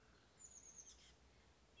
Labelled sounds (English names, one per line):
Oak Titmouse